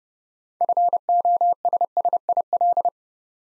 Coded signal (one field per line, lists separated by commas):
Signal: Morse code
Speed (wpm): 30 wpm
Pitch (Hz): 700 Hz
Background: none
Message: FOSSIL